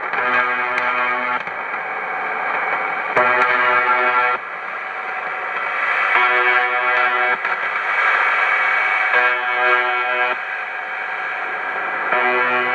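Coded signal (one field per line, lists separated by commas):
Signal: channel marker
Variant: UVB-76 (The Buzzer)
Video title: UVB-76 The Buzzer / Tecsun PL-660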